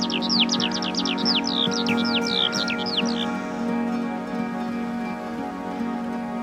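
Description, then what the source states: Skylark song, a dense burst of falling whistled notes that stops after about three seconds, leaving only low musical drones. Skylark descending from the sky; inspired by a day on an Iron Age hillfort in Dorset, UK.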